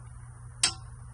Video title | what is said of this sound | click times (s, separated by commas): Unboxing Northern Tools Powerhorse 8 Ton wood splitter | Oh, there it is. You heard that click? | 0.6 s